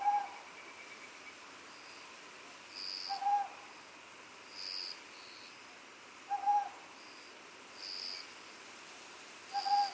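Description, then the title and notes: Owl giving paired hoots, a quick short note followed by a longer one, roughly every three seconds, with a continuous high insect chorus behind. Iriomote Island, Okinawa, Japan. "梟 - Owl. Recorded in Iriomote Island Okinawa Japan"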